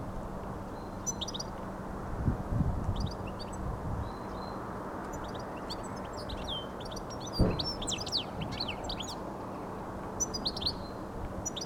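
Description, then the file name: European goldfinch song: sparse bursts of bright twittering chirps spread through the recording, with a constant low hum and a few dull knocks. "Carduelis carduelis"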